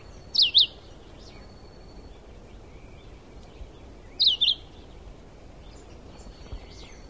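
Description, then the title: Red-eyed vireo song: two short, slurred, high whistled phrases about four seconds apart, over a faint steady high tone and soft background chirps. Subspecies Vireo olivaceus chivi. "LuckyPassaro Completos2Sama. Red-eyed Vireo (Vireo olivaceus chivi)"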